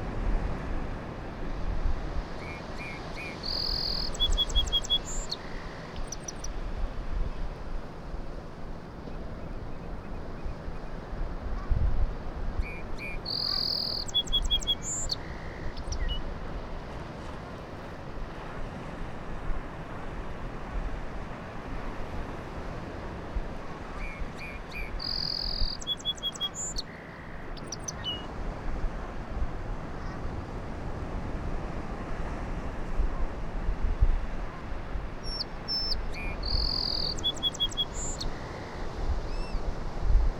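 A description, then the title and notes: A song sparrow sings short, bright phrases roughly every ten seconds, near the start, around 13 and 25 seconds, and again near 35 seconds. Beneath it runs a steady, dense low rumble like surf or wind that never lets up. While visiting Low Island recently, I was able to observe and record this Song Sparrow ( Melospiza melodia ) singing. The surf crashing up on the shore in the distance behind me is present throughout. Recording was made with a Sony PCM-M10 which I held in hand. Low Island Song Sparrow.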